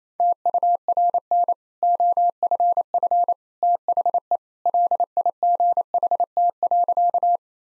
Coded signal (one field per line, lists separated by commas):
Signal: Morse code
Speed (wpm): 28 wpm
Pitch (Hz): 700 Hz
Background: none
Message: TURN OFF THE LIGHT.